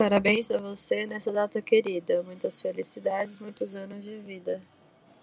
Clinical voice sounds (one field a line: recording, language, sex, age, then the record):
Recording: short text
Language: Brazilian Portuguese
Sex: female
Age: 20 to 29 years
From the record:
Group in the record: control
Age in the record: 27 years